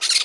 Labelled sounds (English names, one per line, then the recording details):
Brown-throated Parakeet contact call
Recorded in Margarita
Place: San Francisco, near stadium
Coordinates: 11.018, -64.294